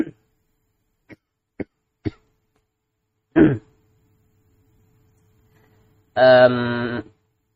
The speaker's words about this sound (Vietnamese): Nước miếng sặc. Mắc công thấy ho khi vừa dính Covid nữa.